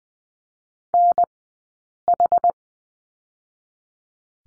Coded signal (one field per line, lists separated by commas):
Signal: Morse code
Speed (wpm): 20 wpm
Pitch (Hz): 700 Hz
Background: none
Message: NH